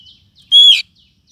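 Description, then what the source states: Lovebird call: a single loud, shrill, slightly buzzy note lasting about a quarter second, with faint chirps before and after. Calls used as a bird-catching lure (pikat).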